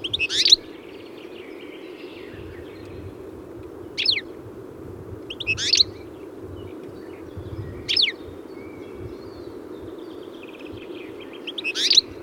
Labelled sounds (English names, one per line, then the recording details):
European Goldfinch song
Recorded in captivity
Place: Kuchelmiß, Mecklenburg-Vorpommern, DE
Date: 1980-05-18
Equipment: Nagra III BH, Sennheiser MD 21, parabola
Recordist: Schubert, Michael
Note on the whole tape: Stereotypische Gesangsintentionen eines Stieglitz, z. T. viel Wind; Baumrauschen (Gefangenschaftsvogel)